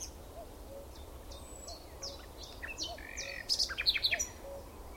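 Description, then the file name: Common nightingale phrases of scattered sharp whistled notes, ending in a fast burst of loud clicking, chattering notes, over steady background hiss. "Luscinia megarhynchos"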